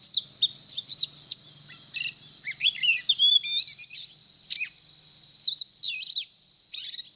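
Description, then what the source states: Oriental magpie-robin delivering quick, jumbled whistled phrases with rising and falling slurs and short trills. Called kacer; described as gacor, meaning singing energetically and incessantly.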